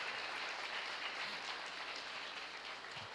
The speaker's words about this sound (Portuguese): Fica em pé aí, milagre. Vamos aplaudir o Senhor, porque está ali, ó. Amém?